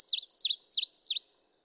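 Ovenbird song: several loud, ringing two-note phrases delivered rapidly and evenly, then a sudden stop.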